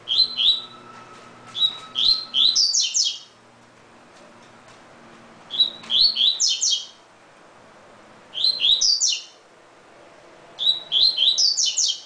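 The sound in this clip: Double-collared seedeater singing several phrases of bright, rapid whistled notes a few seconds apart, over a faint steady hum early on.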